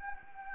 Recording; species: mosquito wingbeat signal from an infrared sensor; Anopheles gambiae